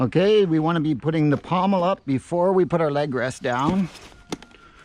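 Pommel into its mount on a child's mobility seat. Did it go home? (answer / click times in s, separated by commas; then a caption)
yes / 4.3 s. Someone talks for about four seconds, then a pommel is raised and pushed into its mount on a child's assistive mobility seat before the leg rest is lowered. A sharp click at 4.3 s, followed by two fainter ticks, confirms the pommel has clicked into its raised position.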